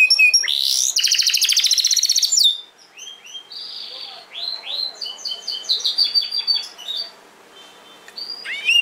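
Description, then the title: Domestic canary opening with a loud rapid buzzy trill, followed by softer sliding whistles and clipped notes, then a final rising flourish. Portuguese canary breed. "Kenari Portugis"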